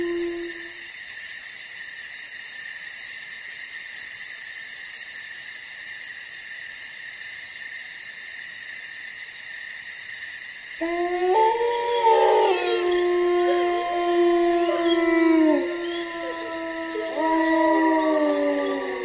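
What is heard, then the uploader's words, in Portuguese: Crickets and insects trill in a dense, steady chorus through the night, and halfway through, wolves start howling, their long wavering cries rising and overlapping. Som de Noite na Floresta com Lobos. Ouça o coral noturno dos grilos e insetos juntamente com os uivos dos lobos que rondam a floresta.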